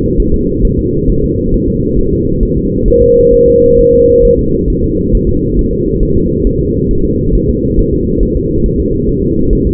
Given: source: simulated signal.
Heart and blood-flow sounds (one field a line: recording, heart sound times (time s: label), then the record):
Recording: fetal heart sounds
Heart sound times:
0.20 s: S1
0.34 s: S2
0.65 s: S1
0.79 s: S2
1.10 s: S1
1.24 s: S2
1.54 s: S1
1.68 s: S2
1.99 s: S1
2.13 s: S2
2.43 s: S1
2.57 s: S2
2.88 s: S1
3.02 s: S2
3.34 s: S1
3.48 s: S2
3.79 s: S1
3.94 s: S2
4.25 s: S1
4.39 s: S2
4.70 s: S1
4.84 s: S2
5.15 s: S1
5.29 s: S2
5.59 s: S1
5.73 s: S2
6.03 s: S1
6.17 s: S2
6.47 s: S1
6.61 s: S2
6.91 s: S1
7.05 s: S2
7.35 s: S1
7.49 s: S2
7.79 s: S1
7.93 s: S2
8.23 s: S1
8.37 s: S2
8.66 s: S1
8.80 s: S2
9.09 s: S1
9.23 s: S2
9.53 s: S1
9.67 s: S2
From the record:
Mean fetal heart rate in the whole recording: 135 bpm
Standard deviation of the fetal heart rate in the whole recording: 3 bpm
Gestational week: 36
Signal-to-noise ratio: -15.3 dB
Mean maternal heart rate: 72 bpm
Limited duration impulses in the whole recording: present